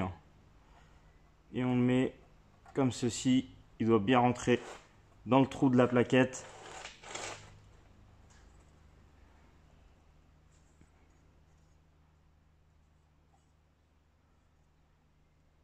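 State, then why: Not seated. A brake pad wear sensor for a Mercedes CLA Shooting Brake is handled, ready to be pushed into the hole in the brake pad backing. Someone talks for the first several seconds, followed by quiet low hum with faint handling ticks. Nothing has seated or clicked yet.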